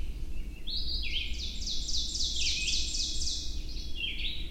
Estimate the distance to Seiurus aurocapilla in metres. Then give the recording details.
about 30 m. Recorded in boreal forest in Alberta, Canada, on 22 June 2016 at 05:51. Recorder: SongMeter 3, array SBT-6-76. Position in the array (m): 151 m, 109 m. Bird 3